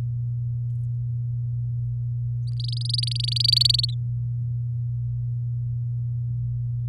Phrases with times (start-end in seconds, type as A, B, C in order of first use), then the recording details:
2.60-3.85 A, 3.88-3.94 B. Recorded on 6 May 2018 at 08:55. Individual llb16